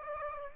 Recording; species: mosquito wingbeat signal from an infrared sensor; Aedes aegypti